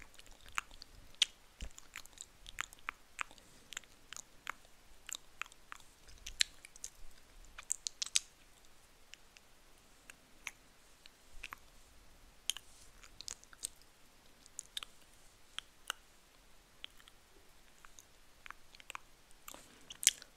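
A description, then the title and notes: Wet mouth sounds for spit painting, with sharp bright clicks and smacks popping irregularly over near-silence, clustering at times. ASMR SPIT PAITING NO TALKING.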